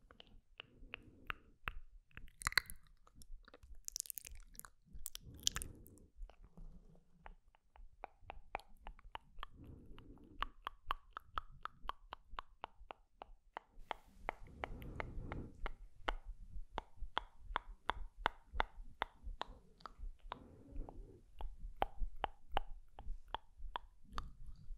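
Mouth sounds while lip gloss is applied: a long run of quick, sharp sticky clicks and tongue taps, dense and fairly regular through most of the clip. Brief hissy "sk" bursts stand out around 2 to 6 seconds, and soft low breathy swells recur every few seconds.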